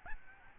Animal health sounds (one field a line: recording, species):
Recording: mosquito wingbeat signal from an infrared sensor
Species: Aedes albopictus